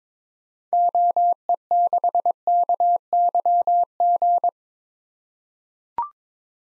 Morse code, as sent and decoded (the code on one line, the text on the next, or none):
--- . -.... -.- -.-- --.
OE6KYG